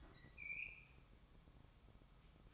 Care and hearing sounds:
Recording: daily activity, microphone in the room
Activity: open fridge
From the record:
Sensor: 1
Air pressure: 1007.8 hPa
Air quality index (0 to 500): 94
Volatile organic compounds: 1 ppm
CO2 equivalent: 807 ppm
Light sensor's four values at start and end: 14/34/14/16 and 14/34/14/16

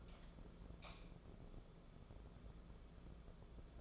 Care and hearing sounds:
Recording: daily activity, microphone in the room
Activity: light on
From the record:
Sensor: 5

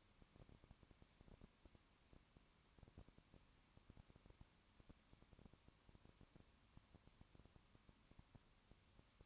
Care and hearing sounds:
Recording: daily activity, microphone in the room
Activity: no activity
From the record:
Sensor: 1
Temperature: 19.2 degrees Celsius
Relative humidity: 37.8%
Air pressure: 1001.1 hPa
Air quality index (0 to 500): 197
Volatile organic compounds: 7 ppm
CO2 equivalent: 1993 ppm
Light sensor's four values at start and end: 1/2/1/1 and 1/2/1/1

